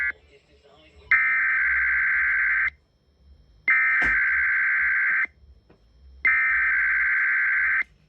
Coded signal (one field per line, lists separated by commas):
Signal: Emergency Alert System (SAME) tones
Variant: header bursts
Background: speech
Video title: KDKA RWT from (5/8/2022) EAS 445-446